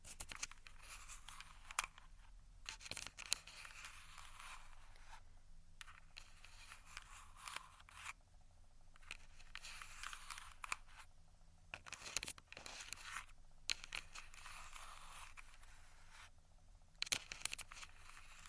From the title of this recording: Tascam Tapping, Scratching, Finger Fluttering